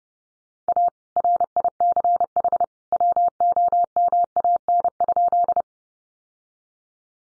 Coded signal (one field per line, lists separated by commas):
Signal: Morse code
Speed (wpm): 30 wpm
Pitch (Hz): 700 Hz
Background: none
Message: A RICH WOMAN?